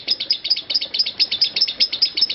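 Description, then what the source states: Lovebird chattering in rapid, high-pitched chirps, each a sharp squeaky note in an even stream. Konslet song style.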